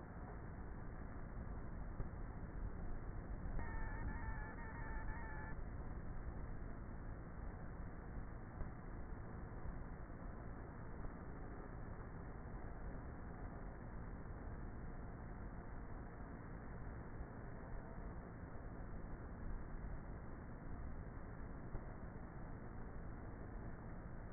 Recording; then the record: honeybee colony, microphone inside the hive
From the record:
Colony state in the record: queenless with a low population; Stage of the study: before two queens were removed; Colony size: about 30,000 bees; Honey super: no